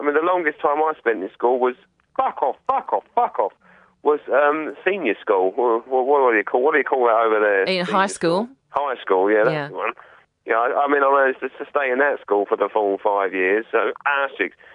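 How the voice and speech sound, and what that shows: Conversational speech from an adult man from the UK with Tourette's syndrome, a neurological disorder. His speech is broken by a rapid triple "fuck off" and a stray nonsense word, "ashtigs". These are vocal tics of Tourette syndrome.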